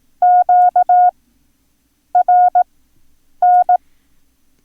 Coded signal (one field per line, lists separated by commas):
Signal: Morse code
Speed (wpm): 18 wpm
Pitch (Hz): 720 Hz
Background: none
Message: QRN